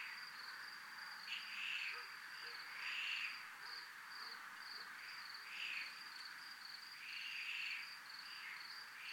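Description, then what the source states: Cricket song: a continuous high, finely pulsed trill, joined by louder, lower rasping bursts at irregular intervals. Recorded in a 'zona militar' (military zone).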